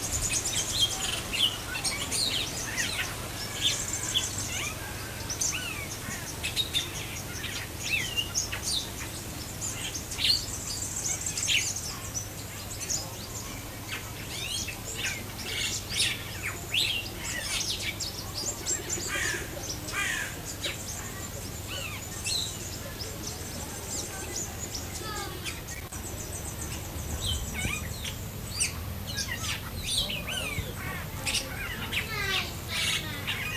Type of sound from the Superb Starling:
song